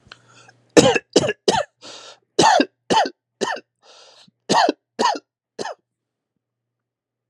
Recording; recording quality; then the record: shallow voluntary cough; excellent, no background noise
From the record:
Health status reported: exposed to COVID-19, no respiratory illness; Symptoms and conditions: cold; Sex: male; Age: 47 years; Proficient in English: yes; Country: United States